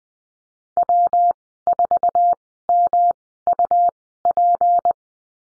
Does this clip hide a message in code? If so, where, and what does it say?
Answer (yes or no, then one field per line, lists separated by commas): yes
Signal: Morse code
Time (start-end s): 0.8-4.9 s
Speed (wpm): 20 wpm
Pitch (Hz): 700 Hz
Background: none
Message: W4MUP